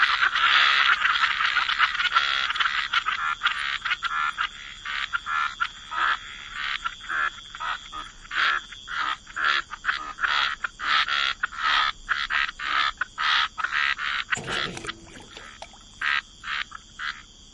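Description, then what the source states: Frogs croaking: loud overlapping rasps give way to separate pulsed croaks roughly twice a second, a brief click near the end, steady hiss underneath. Frog chorus.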